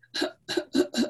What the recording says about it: The P or pertussis, whooping cough, that's also something they occasionally see. They have that whooping sound. Whooping cough can be pretty dramatic when you hear it or see it.